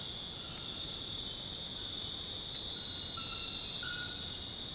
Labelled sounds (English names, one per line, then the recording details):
none
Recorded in dense forest near Puerto Asís, Putumayo, Colombia, on 9 March 2025 at 01:00
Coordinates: 0.486, -76.317
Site G053